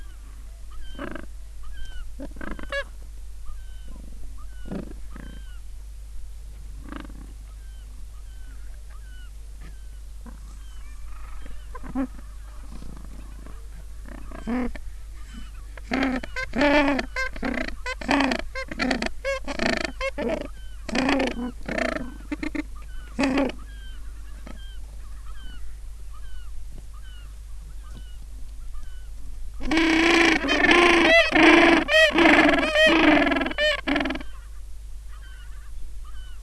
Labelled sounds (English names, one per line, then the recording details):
Gentoo Penguin
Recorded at the colony at Booth Island, Antarctica, on 21 December 2014
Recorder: Song Meter SM2+